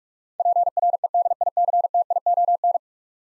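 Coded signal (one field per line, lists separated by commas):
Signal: Morse code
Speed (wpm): 44 wpm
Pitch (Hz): 700 Hz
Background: none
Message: PREDICTION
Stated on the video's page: Morse practice drill of ten-letter words sent at 45 wpm, each word sent twice.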